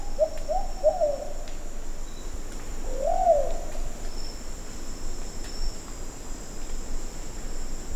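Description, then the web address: Plumbeous pigeon call, soft low hooting notes, a few at the start and another after a pause of about two seconds, over steady hiss and a thin high whine. Call (cri). "chants patplu cht cri"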